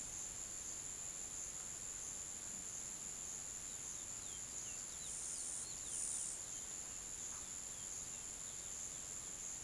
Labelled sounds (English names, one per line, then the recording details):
none
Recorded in pastures near Puerto Asís, Putumayo, Colombia, on 19 June 2025 at 10:30
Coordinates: 0.487, -76.322
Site H26